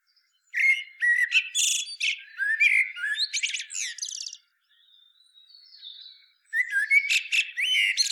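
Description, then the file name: Common blackbird delivering a long run of fluted, warbling notes mixed with high squeaks, a brief quiet gap with soft thin notes, then another phrase begins. "Turdus merula"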